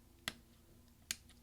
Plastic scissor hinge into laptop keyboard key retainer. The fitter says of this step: and just push down until you hear some snaps